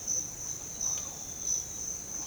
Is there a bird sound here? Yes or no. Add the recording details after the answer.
no. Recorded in secondary vegetation near Puerto Asís, Putumayo, Colombia, on 21 March 2025 at 07:00. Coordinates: 0.488, -76.319. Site G095